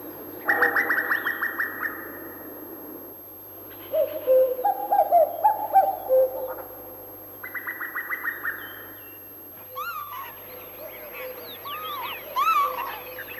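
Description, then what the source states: Common cuckoo: rapid bubbling trills of quick repeated notes come twice, with lower hollow cuckooing calls between them and other birds chirping near the end. Female's answering trill to the cuckooing males; cuckoos are heard throughout the recording.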